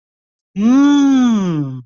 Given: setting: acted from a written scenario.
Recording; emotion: vocal sound without words; interest